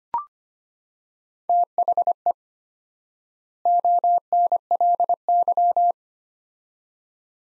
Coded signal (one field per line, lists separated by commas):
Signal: Morse code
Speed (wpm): 25 wpm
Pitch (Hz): 700 Hz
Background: none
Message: THE ONLY